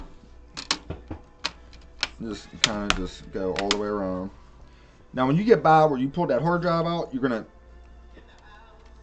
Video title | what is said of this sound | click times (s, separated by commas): DELL INSPIRION 15 5000 SERIES LAPTOP Internal Power Plug Adapter Replacement HOW TO VIDEO | press now it'll snap | 0.7 s, 1.5 s, 2.0 s